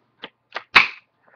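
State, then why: Released. A plastic screen bezel clipped to the display lid of a Gateway NV57 laptop is pried up with fingertips and fingernails, working around the edge. Three sharp plastic snaps are heard at 0.2, 0.6 and 0.8 seconds, the last one loudest with a short rattling tail. The retaining clips snap free, and the bezel is coming loose.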